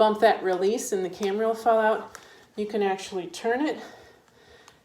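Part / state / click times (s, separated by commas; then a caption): camera clip lock on camera plate mount / seated / 4.7 s. Someone talks while twisting the lock knob on a backpack-strap camera clip holding a camera plate mount, turning it to locked so the quick-release button is disabled. As the speech fades, a small tick at about 4.3 s is followed by a sharper click at 4.7 s. The lock seats and the camera is secured.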